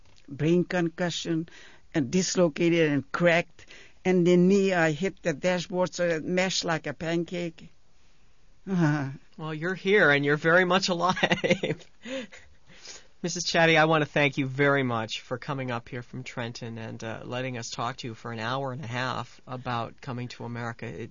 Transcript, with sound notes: brain concussion, and dislocated and cracked, and then me, I hit the dashboard so it mashed like a pancake. Ahhh.
Well, you're here, and you're very much alive. ( he laughs ) Mrs. Chaty, I want to thank you very much for coming up here from Trenton and letting us talk to you for an hour-and-a-half about coming to America.